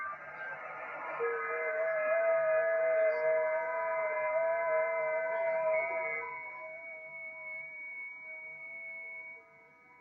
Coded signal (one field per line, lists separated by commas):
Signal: FT8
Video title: Danny Radio and Tech Live Stream 12/11/2025 Day 11 of 12 days of QRZ